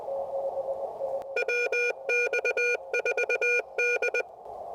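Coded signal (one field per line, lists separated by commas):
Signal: Morse code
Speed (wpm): 20 wpm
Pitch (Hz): 2400 Hz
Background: radio noise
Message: WX4D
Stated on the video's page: CW during a Parks on the Air QRP portable activation, with an end-fed half-wave antenna.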